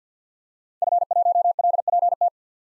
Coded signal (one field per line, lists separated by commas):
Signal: Morse code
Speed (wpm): 50 wpm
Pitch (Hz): 700 Hz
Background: none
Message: F1LPT